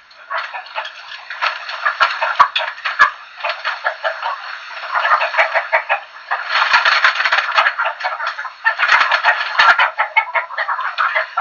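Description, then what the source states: Chickens calling together: a busy, overlapping chorus of raspy clucks and squawks that swells in louder bursts throughout. Several chickens.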